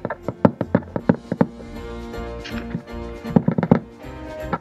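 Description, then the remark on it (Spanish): Rapid, hard knocking on a locked door comes in two flurries, a long run of sharp raps, a pause, then another quick cluster, over a steady low hum. “¿Está cerrada la puerta? Sí, creo que estamos encerrados.”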